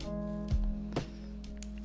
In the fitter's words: Tac, et là c'est clipsé.